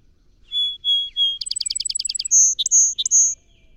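Song sparrow song: three clear whistled introductory notes, then a rapid trill, ending with several higher notes, all within about three seconds.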